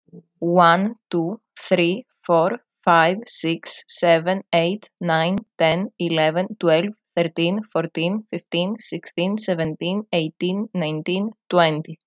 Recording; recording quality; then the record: counting at a normal pace; excellent, no background noise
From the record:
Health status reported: healthy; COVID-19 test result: not tested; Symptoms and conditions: none ticked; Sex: female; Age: 22 years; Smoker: not ticked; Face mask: not worn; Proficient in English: yes